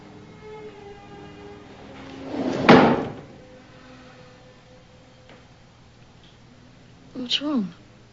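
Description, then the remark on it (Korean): A drawer slides open with a short scraping rumble lasting under a second, fairly loud over a low, steady background hum; a brief squeaky sound follows a few seconds later. “그런데 잭은 서랍을 열다가 아들의 사진을 발견하고 침울해합니다.”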